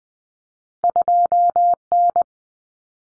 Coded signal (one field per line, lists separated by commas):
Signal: Morse code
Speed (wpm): 20 wpm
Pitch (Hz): 700 Hz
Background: none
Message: 2N